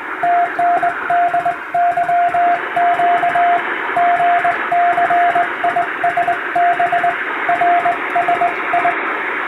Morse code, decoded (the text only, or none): TNDYQ GCISB RSI